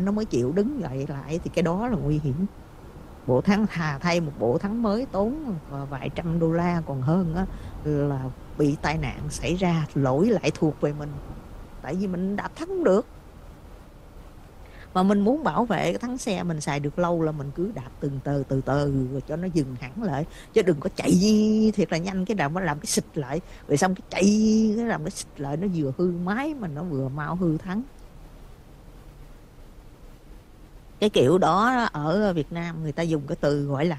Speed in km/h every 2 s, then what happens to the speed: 64, 66, 66, 64, 68, 68, 68, 66, 64, 64, 64, 61, 60, 56, 50, 40, 35.
0-20 steady at about 66. 20-34 slows to 35.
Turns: none.